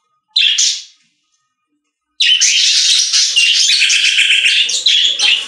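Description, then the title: Budgerigar chirping: a short buzzy chirp, a pause, then a long run of dense scratchy warbling chatter held high and steady for about three seconds. "Budgie Sounds"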